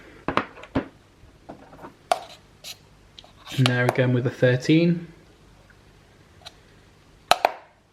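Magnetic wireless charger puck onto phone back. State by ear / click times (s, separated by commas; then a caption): seated / 7.3 s. An Apple MagSafe magnetic wireless charging puck is placed onto the back of a second phone, a 13, to show it attaching magnetically. Someone talks, with a few handling taps and clicks before and after. The puck snaps onto the phone with a sharp contact click at 7.3 s and stays seated.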